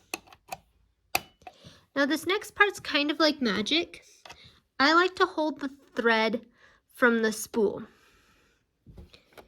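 A plastic bobbin cover plate is put back onto a sewing machine bed after the bobbin is loaded, with two loud, sharp clicks at 0.1 s and 1.2 s as it snaps into place. Someone then talks, with a few faint taps near the end. The cover is seated.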